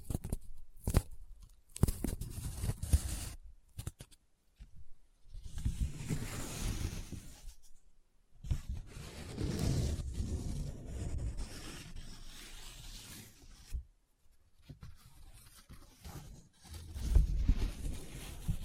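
Paper being handled up close, with crinkling, rubbing and scratching in uneven bursts. Sharp crackles come early, around the first two seconds, then longer rustling stretches broken by short silences near 4, 7.5 and 14 seconds, growing louder again near the end.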